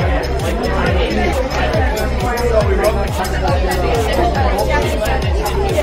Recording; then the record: background sound without coughing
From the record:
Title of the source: Nightlife Party Simulating Party Club Noise 1 Hour